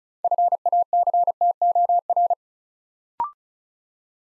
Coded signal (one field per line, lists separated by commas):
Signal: Morse code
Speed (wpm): 36 wpm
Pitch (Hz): 700 Hz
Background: none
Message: FACTOR